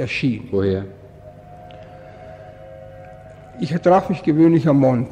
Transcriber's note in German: Dampfpfiff im Hintergrund